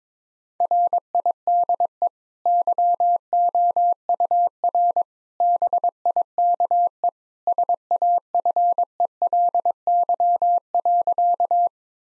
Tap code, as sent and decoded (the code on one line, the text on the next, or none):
none